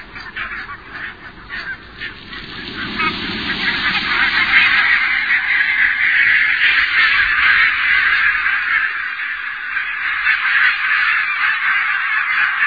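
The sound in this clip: Barnacle goose flock giving a dense chorus of high, yapping honks that swells after the first few seconds into a steady, overlapping clamour.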